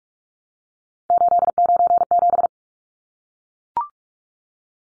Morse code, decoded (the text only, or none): 897